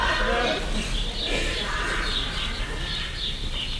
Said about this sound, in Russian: Смотри, смотри, птички на снегу чирикают.